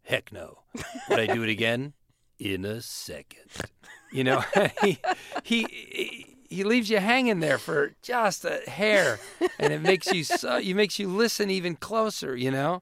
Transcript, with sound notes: Would I do it again? In a second.
(Laughter).
You know (laughter)? He leaves you hanging there for just a hair, and it makes you so - it makes you listen even closer, you know?